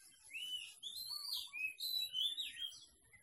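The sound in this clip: Bird song made of clear, slurred whistles that sweep up and down, with a soft lower twitter underneath.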